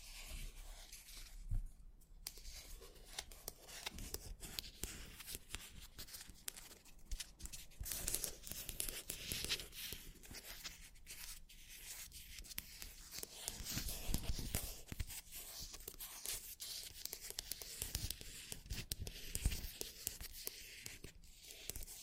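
Scratchy tapping on matte objects, a dense, restless stream of crisp bright scrapes and ticks with quick irregular clicks throughout, briefly pausing near two seconds.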